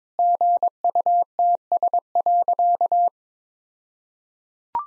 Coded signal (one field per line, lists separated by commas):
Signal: Morse code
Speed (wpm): 22 wpm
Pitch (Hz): 700 Hz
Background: none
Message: GUTS.